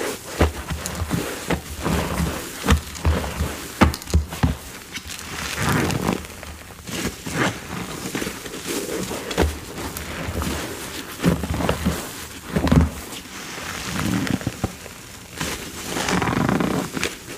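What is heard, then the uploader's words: Watermelon ASMR: a busy run of wet, crunchy bites and sharp clicks fills the whole stretch, arriving irregularly every fraction of a second. Soft low thumps sit under the first few seconds, and louder juicy crunching swells around the middle and near the end. Watermelon ASMR.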